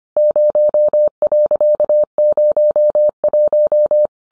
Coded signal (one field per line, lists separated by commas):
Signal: Morse code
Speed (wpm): 25 wpm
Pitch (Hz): 600 Hz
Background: none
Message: 0.01